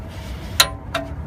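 A click-type torque wrench tightens the steel oil drain plug on the aluminum oil pan of an Acura TSX. A sharp metallic click at 0.6 s shows the wrench has reached its setting, followed by a fainter tick at 0.95 s over low background noise. The drain plug is torqued to spec.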